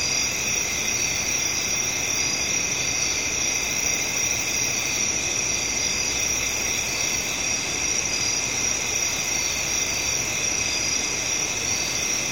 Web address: Residential Night Time Crickets,traffic In Bg, Ambience. Sound Ideas Series 2000